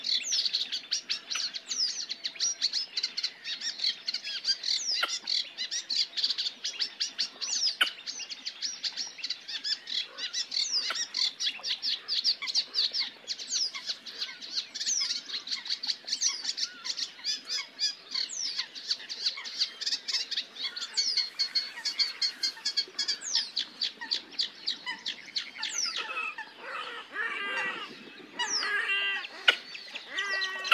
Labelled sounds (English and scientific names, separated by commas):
Red-necked Grebe (Podiceps grisegena) call